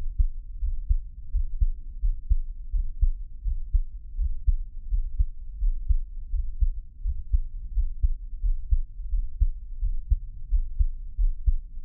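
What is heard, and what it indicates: Deep, muffled thumps repeat steadily at about 85 beats a minute, all very low in pitch, with no other sounds and no talking. It is an adult's own heartbeat, heard close to the chest, offered as Taiwanese ASMR.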